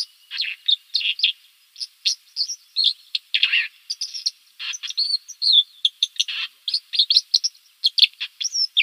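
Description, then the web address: White-throated dipper singing a long, rapid stream of scratchy, buzzy phrases and clipped high whistles. "Schulze Peter White-throated Dipper song"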